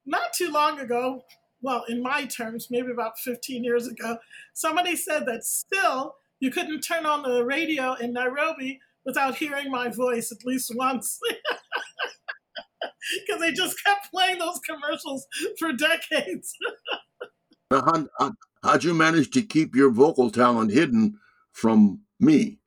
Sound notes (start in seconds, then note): 11.0 laughter; 16.3 laughter